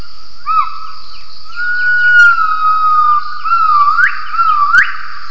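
Gibbon call: long, clear whistled notes that hold steady, then sweep sharply upward in quick rising swoops near the end.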